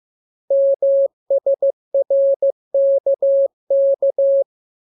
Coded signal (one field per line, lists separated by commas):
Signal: Morse code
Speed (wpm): 15 wpm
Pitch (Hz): 550 Hz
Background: none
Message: MSRKK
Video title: Learning Morse Code. Lesson 5. Letter KMURES